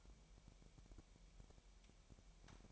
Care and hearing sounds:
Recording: daily activity, microphone in the room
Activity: take from stove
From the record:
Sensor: 1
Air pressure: 1002.0 hPa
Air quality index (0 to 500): 248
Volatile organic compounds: 52 ppm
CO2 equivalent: 3323 ppm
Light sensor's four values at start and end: 6/13/5/6 and 6/13/5/6

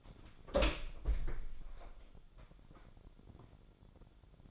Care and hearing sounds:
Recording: daily activity, microphone in the room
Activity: open door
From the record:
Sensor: 5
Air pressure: 1007.0 hPa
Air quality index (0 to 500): 166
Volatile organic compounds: 4 ppm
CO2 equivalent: 1593 ppm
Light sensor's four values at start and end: 56/157/61/61 and 57/160/62/62

